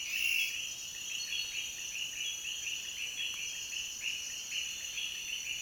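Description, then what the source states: Frog chorus with a loud opening note, then a run of fast overlapping chirps over a continuous high-pitched hiss. Frog chorus recorded in Peru.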